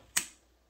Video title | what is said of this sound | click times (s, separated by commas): AEA Precision SF Standard (Semi Auto+Bolt Action) Dual Action PCP Air Rifle Review | make sure that this goes all the way forward and gets locked | 0.2 s